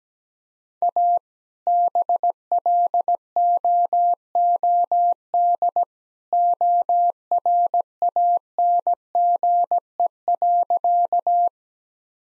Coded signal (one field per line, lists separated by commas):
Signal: Morse code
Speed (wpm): 17 wpm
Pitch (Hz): 700 Hz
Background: none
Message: A BLOOD ORANGE.